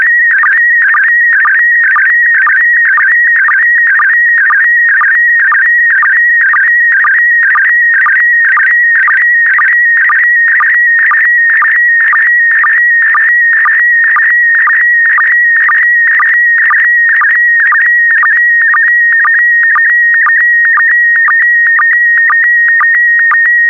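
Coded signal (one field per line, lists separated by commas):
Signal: SSTV (slow-scan television)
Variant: PD120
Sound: warbling steady whistle around 1.9 kHz with rhythmic low blips about twice a second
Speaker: transmission complete you can now check your decoded image against the picture that is shown on the video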